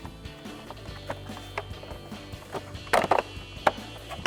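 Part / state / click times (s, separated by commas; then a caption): plastic upper trim cover into truck side mirror housing / not seated / none. A plastic upper trim cover is being refitted into the side mirror housing of a 2019–2023 RAM 1500 truck, with its small hook going into a hole before the cover is pressed into place. Light plastic handling taps and knocks are heard, with sharper contacts around 2.9, 3.1, 3.7 and 4.3 seconds. The cover has not popped home yet, and nothing has seated or clicked by the end of the clip.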